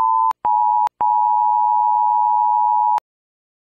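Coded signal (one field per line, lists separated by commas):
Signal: Emergency Alert System (SAME) tones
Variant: 853 and 960 Hz attention tone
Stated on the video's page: Fictional EAS scenario made on a computer with VideoPad.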